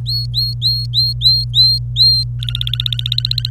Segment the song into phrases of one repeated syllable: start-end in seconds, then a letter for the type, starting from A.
0.06-2.23 A, 2.40-3.49 B